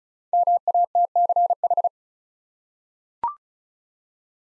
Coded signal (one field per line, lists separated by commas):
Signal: Morse code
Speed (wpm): 36 wpm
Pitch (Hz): 700 Hz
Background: none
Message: MATCH